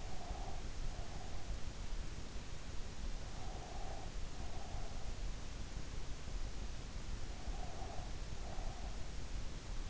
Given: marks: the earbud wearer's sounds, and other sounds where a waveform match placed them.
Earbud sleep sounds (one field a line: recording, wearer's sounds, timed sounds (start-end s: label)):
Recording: sounds in sleep by an in-ear microphone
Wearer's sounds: breath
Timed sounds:
0.00-1.57 s: breath
3.43-5.15 s: breath
7.42-8.96 s: breath